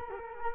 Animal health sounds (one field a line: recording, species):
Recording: mosquito wingbeat signal from an infrared sensor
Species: Culex quinquefasciatus